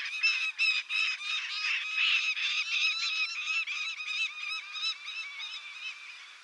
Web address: Lanner-falcon صدای-پرنده-لاچين